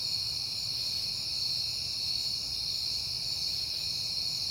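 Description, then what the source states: High, steady cricket trills blend into a continuous ringing chorus, accompanied by a soft low drone. Crickets recorded at night in September on a peaceful night.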